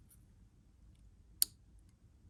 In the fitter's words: There it is. Did you hear that click? That click means that it went through, okay?